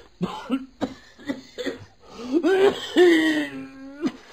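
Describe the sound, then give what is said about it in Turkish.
A run of harsh, choppy coughs in quick succession, followed by a strained, drawn-out raspy groan as the coughing fit trails off, with one last short cough at the end. “Bak öksürüyorsun.”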